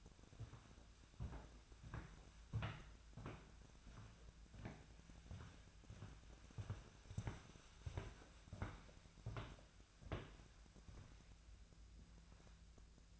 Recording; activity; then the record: daily activity, microphone in the room; walk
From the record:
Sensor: 2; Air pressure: 1008.3 hPa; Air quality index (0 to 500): 179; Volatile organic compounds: 10 ppm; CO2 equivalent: 2213 ppm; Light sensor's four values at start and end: 15/37/15/16 and 15/36/15/16